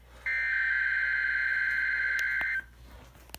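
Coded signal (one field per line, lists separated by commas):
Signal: Emergency Alert System (SAME) tones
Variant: header bursts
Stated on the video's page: Required Weekly Test on NOAA weather radio station KEC65, received on an HH50 receiver.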